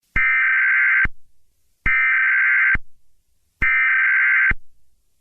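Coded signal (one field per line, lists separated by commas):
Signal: Emergency Alert System (SAME) tones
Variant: header bursts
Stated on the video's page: Fictional EAS scenario.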